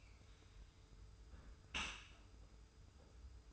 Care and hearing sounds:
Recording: daily activity, microphone in the room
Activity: close dishwasher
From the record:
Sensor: 2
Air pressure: 991.2 hPa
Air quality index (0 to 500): 144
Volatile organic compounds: 318 ppm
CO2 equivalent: 4520 ppm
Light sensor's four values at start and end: 41/118/47/45 and 41/118/47/45

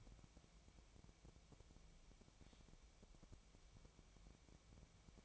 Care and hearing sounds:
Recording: daily activity, microphone in the room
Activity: wipe stove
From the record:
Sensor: 1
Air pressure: 1001.6 hPa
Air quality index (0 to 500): 218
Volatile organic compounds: 27 ppm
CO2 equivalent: 2900 ppm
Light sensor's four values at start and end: 7/29/10/11 and 7/28/10/11

